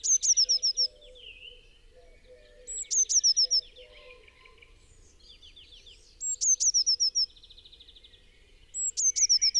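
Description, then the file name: Eurasian blue tit calling: thin, high piercing notes followed by a quick run of about five sharp, even notes, repeated roughly every three seconds over other birds' buzzy trills and low soft notes. "Cyanistes caeruleus"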